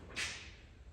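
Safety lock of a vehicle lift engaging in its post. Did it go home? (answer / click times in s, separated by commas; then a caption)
no / none. A car lift is stopped and lowered so its steel safety lock can engage in the post. A sudden bright hissing burst starts around 0.2 seconds and fades over a low steady rumble. Nothing has seated or clicked yet; the lock has not engaged by the end of the clip.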